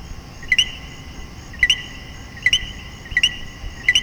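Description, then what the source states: Common coquí, several crisp two-note co-qui calls at irregular intervals, a short tone followed by a higher rising chirp, over a continuous chorus hum. Several common coquí frogs calling in Puerto Rico.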